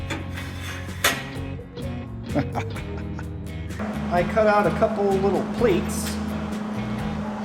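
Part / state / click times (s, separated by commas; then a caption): steel drop latch stud in gate catch / released / 1.0 s. A stud welded on the end of a tube, part of a welded steel drop latch on a custom gate, is lifted out of its catch, giving a metallic clunk at 1.1 s. Someone talks while music plays underneath, and the latch is released.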